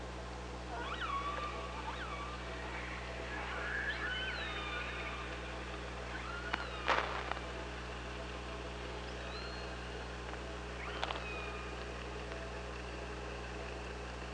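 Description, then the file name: Orca calls: faint harmonic upsweeps and wavering tonal calls, a couple of sharp click bursts around midway and near the end, all against steady low hum. OrcaLab hydrophone, 24 August 2017 at 05:29. "Orca Lab UTLN JASON 20170824 052923"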